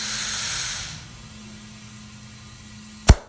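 A lawn tractor tire with a new inner tube is inflated on a steel rim while air hisses steadily, loud at first and fading after about 1 second. At 3.1 s the rubber bead pops sharply up onto the rim seat, and it sits fully seated with no gap.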